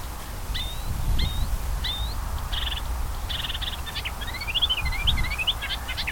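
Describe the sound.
Sedge warbler song opens with a few separate upslurred notes, then buzzy rattles, then a rapid jumble of twisting whistled phrases, with low rumble behind.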